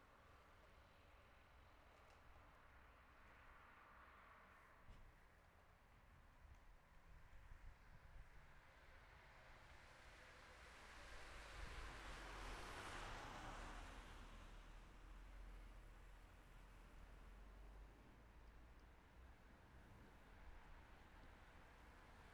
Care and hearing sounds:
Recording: everyday scene through a hearing-aid microphone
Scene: in traffic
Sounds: traffic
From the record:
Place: city secondary road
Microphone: behind the ear, left, rear

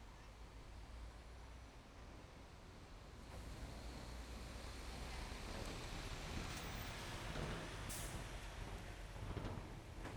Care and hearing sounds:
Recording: everyday scene through a hearing-aid microphone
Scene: in traffic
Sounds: traffic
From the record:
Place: main road on the outskirts, rush hour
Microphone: behind the ear, left, front

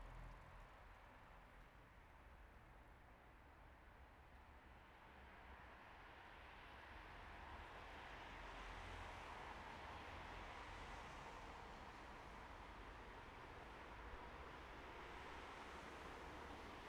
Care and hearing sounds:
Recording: everyday scene through a hearing-aid microphone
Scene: in traffic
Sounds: traffic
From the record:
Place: bus stop on a city main road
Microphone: behind the ear, right, rear

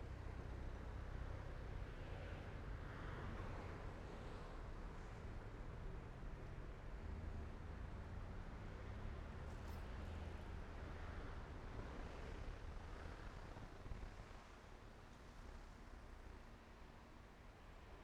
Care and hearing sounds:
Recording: everyday scene through a hearing-aid microphone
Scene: in traffic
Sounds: traffic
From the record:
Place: main road on the outskirts, rush hour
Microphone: behind the ear, right, front

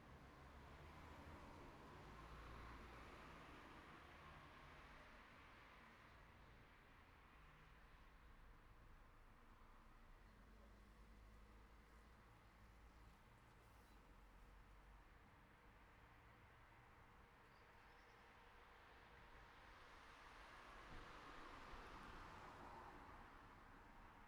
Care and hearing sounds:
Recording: everyday scene through a hearing-aid microphone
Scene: in traffic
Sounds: traffic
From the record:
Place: city secondary road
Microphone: behind the ear, right, rear

